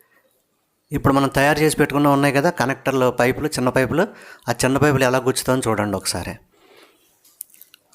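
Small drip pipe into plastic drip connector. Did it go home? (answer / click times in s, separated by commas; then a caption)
yes / 7.4 s. A small drip pipe is pushed into a plastic drip connector until it reaches the slot inside, seating with a sharp tick at 7.4 seconds. Someone talks from about 0.9 to 6.4 seconds, then quiet handling sounds and several faint clicks follow around the seating tick.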